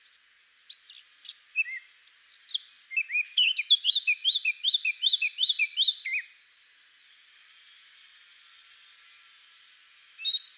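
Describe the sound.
Eurasian blackcap song, a brief chattering warble moving into a bright repeated whistled phrase several times, then a few seconds of quiet before a new start.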